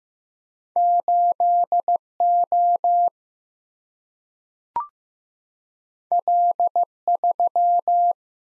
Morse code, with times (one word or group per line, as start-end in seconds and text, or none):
0.8-2.0 8
2.2-3.1 O
6.1-6.8 L
7.1-8.1 3